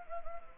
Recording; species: mosquito wingbeat signal from an infrared sensor; Anopheles gambiae